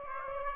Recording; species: mosquito wingbeat signal from an infrared sensor; Aedes aegypti